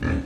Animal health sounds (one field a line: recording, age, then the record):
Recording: pig call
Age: growing-finishing pig (85 days or more)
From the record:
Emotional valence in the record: negative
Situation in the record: barren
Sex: female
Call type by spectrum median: low-frequency call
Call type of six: low-frequency stable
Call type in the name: low-frequency stable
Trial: 1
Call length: 0.26 s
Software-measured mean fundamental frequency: 42 Hz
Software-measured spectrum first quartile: 123 Hz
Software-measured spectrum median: 278 Hz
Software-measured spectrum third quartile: 873 Hz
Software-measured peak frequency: 254 Hz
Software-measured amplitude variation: 150 dB a second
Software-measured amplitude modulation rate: 25.5 a second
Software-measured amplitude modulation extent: 5.9 dB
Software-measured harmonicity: -0.4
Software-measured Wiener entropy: -1.50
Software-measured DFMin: 989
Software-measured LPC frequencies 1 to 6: 278, 1707, 2466, 3936, 5370, 6025 Hz